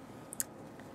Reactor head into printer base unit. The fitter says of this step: and you need to push slightly until it clicks